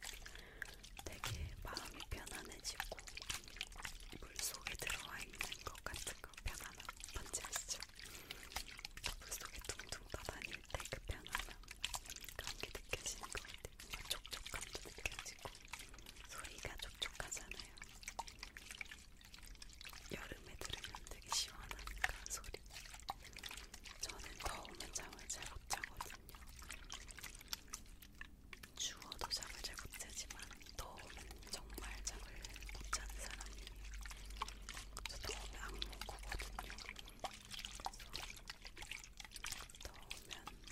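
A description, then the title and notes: A water bottle makes a steady stream of crackling and splashing sounds, densely packed clicks and drips with no real pauses for the whole stretch. A low rumble sits underneath, growing a little stronger in the second half. 찰랑찰랑 잠오는 물병소리 water bottle sound.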